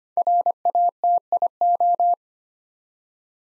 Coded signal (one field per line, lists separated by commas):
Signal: Morse code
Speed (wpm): 25 wpm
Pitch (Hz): 700 Hz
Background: none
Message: RATIO